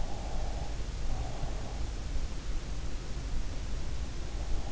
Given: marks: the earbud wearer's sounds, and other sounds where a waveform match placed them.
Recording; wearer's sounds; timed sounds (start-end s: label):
sounds in sleep by an in-ear microphone; breath
0.01-1.60 s: breath